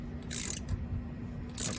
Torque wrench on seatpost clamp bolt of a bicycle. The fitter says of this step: more there you go and you hit a click and now you're good